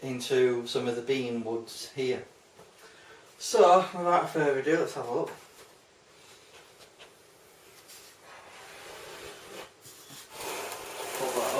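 Someone talks, then a wooden futon frame section is pulled over and moved into position toward its locking point on the base, with soft rubbing and handling noise that grows louder near the end. Nothing has locked or clicked into place yet.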